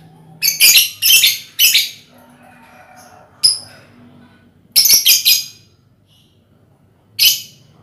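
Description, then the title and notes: Lovebird calls: several bursts of loud, harsh, high screeching chatter separated by quiet gaps. Lovebird ngekek song, used as a lure song (kicau pancingan). "Master Kicau Lovebird ngekek, kicau pancingan"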